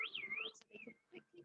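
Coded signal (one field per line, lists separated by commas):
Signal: whistled language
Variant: Turkish kuş dili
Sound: a loud gliding whistle rising and falling, then short whistled glides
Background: faint speech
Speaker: They originally began using the bird language so they could quickly communicate with each other over the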